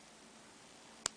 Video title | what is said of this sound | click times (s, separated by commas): Wet n Wild 2011 Goodies, Rimmel Glam'Eyes Day 2 Night Mascara, Revlon ColorStay Overtime Lipcolor | It like snapped, so you know it's sealed. | 1.1 s